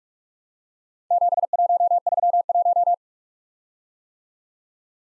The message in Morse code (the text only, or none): 7131